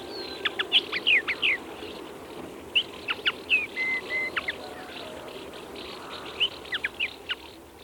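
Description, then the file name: Common linnet twitter in short, scattered phrases of quick chirps and a few clipped whistles, separated by brief pauses, over steady background noise. "konoplyanka"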